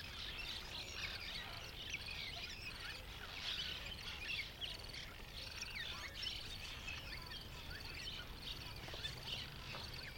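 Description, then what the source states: Cliff Swallows calling en masse: a dense, continuous chatter of short squeaky chirps and twitters from many birds, over a low steady rumble. Late morning at a Cliff Swallow rookery, Columbia National Wildlife Refuge; thousands of swallows darting in and out of hundreds or thousands of cliff nests.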